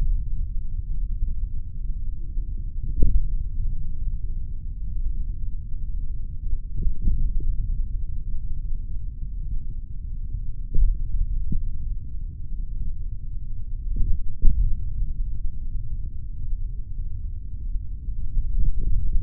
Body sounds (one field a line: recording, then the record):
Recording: forearm muscle sounds (acoustic myography)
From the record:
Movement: finger pinch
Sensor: system 3, bracelet of six PUI Audio POM-2738L microphones around the upper forearm, with dedicated amplification and filtering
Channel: 2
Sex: male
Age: 26 years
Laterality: right